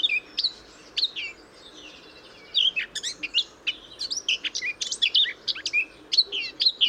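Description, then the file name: Eurasian blackcap song: a few scattered sharp notes, a short quiet gap, then a burst of quick, jumbled, high-pitched warbling phrases. "Sylvia atricapilla"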